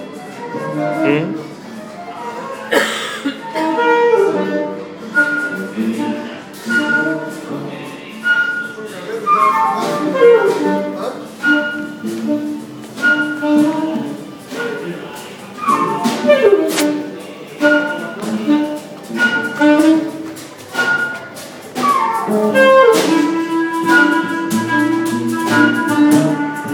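Sounds at Tacheles: a continuous jumble of voices talking over one another, with pitched tones and melodic lines weaving through, including falling glides around 10 and 16 seconds. Sharp clicks and knocks punctuate it often, and the level stays busy throughout.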